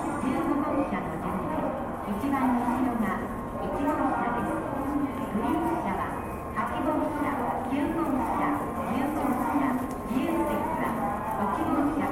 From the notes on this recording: sounds of trains coming and going, people talking, vending machines, and announcements